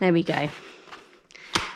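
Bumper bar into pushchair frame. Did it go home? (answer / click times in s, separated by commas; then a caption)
yes / 1.6 s. A pushchair bumper bar is moved up on the frame of a Hauck Walk N Care pushchair while someone talks. It snaps into place with a sharp click at 1.6 seconds, and the bar ends up seated.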